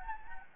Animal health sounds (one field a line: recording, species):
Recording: mosquito wingbeat signal from an infrared sensor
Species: Anopheles gambiae